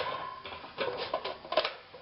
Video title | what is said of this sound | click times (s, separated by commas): REVIEW OF Mega Chef AIRFRYER | this snaps back in place and the cover here keeps it from accidentally falling it being dropped | 1.5 s